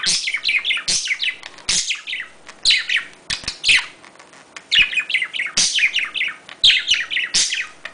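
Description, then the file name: Budgerigar chatter, fast twittering notes in irregular clusters, bright chirps repeated about once a second amid scratchy clicks. "Budgie Sounds"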